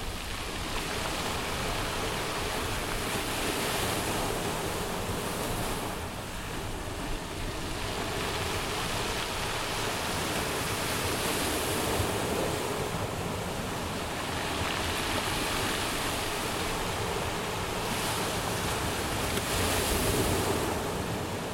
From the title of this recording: black sea